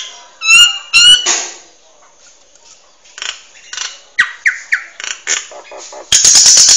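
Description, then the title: Nias hill myna calls: two loud ringing whistles, a quiet pause, then short sliding whistles and a final harsh loud burst. Song bird singing loudly and continuously, recorded for training other birds to copy its song. "Burung Jalak Nias Gacor Suara Super Gledek Untuk Masteran"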